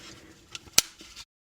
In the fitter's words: Something didn't click quite right.